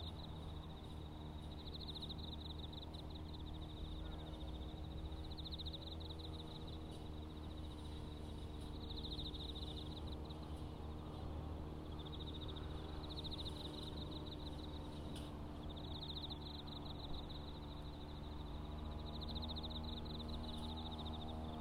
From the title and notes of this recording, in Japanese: 環境音 機械音あり サツマイモ畑の草刈り。サツマイモの畝間を行ったり来たり、ひたすら草刈り機で草刈りです。そして、夜も徐々に肌寒くなってきて、頑張っているのはひたすら相手を探す秋虫たちの鳴き声。